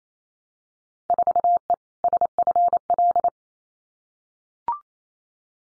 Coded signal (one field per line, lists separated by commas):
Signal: Morse code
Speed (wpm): 28 wpm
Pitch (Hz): 700 Hz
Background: none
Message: 4E SFL